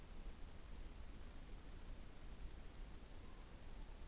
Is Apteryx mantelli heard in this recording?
no